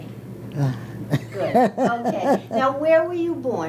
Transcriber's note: she laughs